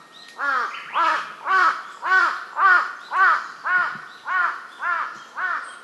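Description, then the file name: Large-billed crow cawing in a steady series, about ten hoarse arched caws at regular half-second intervals. "hasibutogarasu"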